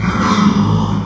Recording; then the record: squeal of a Yucatan mini pig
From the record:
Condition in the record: after surgery on the right vocal fold (resection and tissue-engineered implant); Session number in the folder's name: 17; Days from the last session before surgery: 195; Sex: female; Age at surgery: 19 weeks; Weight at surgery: 25 kg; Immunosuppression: prednisolone